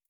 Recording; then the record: hydrophone in a shrimp aquaculture tank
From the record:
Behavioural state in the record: feeding